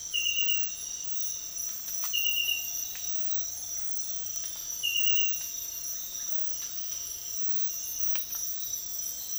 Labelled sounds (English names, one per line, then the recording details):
none
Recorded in dense forest near Puerto Asís, Putumayo, Colombia, on 13 March 2025 at 06:00
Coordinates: 0.503, -76.323
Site GP09